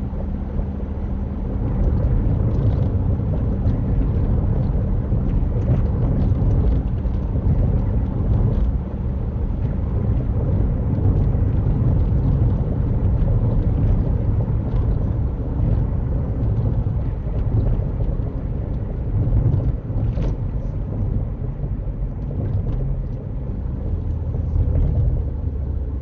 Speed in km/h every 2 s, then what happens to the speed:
72, 71, 69, 68, 66, 68, 68, 66, 61, 55, 48, 42, 34.
0-15 steady at about 68. 15-26 slows to 34.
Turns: none.